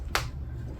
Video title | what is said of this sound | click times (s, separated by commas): 2024 Version - Safety 1st Grow and Go 3-In-1 Car Seat - Cover re-dressing - cover installation guide | until that click sound comes here | 0.1 s